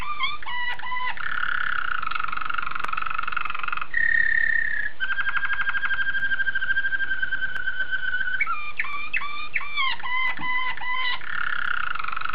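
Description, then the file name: Canary song: a varied sequence of held whistles, fast throbbing rolls and repeated swooping notes. "suara kenari waterslager"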